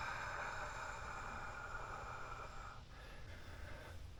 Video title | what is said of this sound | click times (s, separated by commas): Replacing One Way Clutch on Honda Big Red | click well fun fact about these tekon torque wrenches they don't torque in Reverse there's no clicking action | none